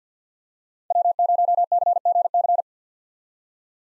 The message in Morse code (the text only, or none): W0CGC